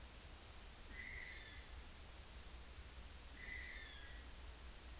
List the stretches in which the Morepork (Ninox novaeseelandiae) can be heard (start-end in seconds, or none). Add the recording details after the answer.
none. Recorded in New Zealand on 30 April 2013. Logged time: 02:19. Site Ponui